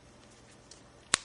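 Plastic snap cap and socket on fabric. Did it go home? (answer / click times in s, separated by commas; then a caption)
yes / 1.1 s. A plastic snap cap and socket on fabric, re-pressed with KAM snap pliers to flatten the prong further, is snapped closed. After a quiet stretch and a faint tick at 0.7 s, one sharp, bright click sounds at 1.1 s. The snap is seated and clicks closed.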